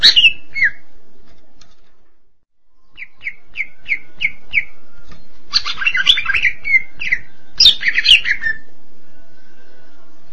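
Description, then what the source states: Greater green leafbird: cucak ijo song: a run of six short clear notes, then bursts of loud, rich warbled and buzzy phrases sweeping up and down. Long-duration chirping song.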